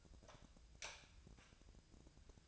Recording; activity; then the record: daily activity, microphone in the room; light off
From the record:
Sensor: 2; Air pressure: 999.9 hPa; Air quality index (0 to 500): 116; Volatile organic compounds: 2 ppm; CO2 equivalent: 1003 ppm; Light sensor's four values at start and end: 33/85/36/39 and 29/73/31/34